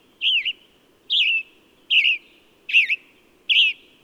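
Bird chirping: five short, wavering high chirps, each with a brief trailing tone, repeated about every 0.8 seconds over a low, steady hum.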